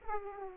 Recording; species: mosquito wingbeat signal from an infrared sensor; Aedes aegypti